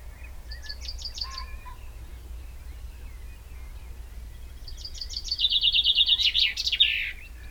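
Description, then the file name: Common chaffinch: a faint short phrase first, then a full fast trill of repeated notes ending in a loud flourish, with faint chirps between. "Fringilla coelebs"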